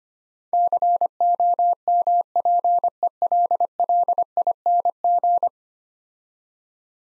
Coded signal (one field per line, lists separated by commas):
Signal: Morse code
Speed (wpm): 25 wpm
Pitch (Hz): 700 Hz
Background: none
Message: COMPELLING